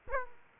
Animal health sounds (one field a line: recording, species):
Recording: mosquito wingbeat signal from an infrared sensor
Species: Aedes aegypti